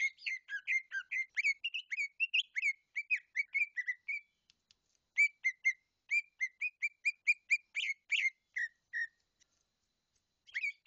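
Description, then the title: Leafbird song, a long chattering stream of quick whistled and slurred notes, briefly pausing near the middle and end before resuming. "CUCAK IJO"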